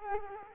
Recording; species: mosquito wingbeat signal from an infrared sensor; Culex quinquefasciatus